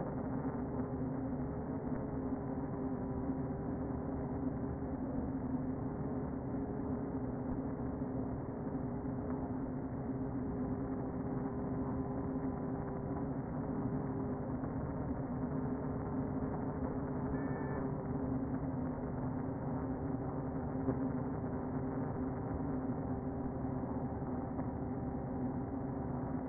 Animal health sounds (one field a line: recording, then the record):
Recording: honeybee colony, microphone inside the hive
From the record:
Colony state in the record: queen present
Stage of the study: before two queens were removed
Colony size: about 60,000 bees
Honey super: yes